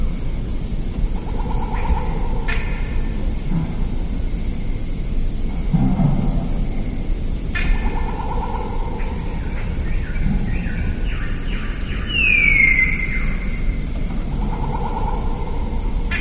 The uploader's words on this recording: Natural sleep-soothing white noise, with birds chirping freely and accompanied by the sound of wind.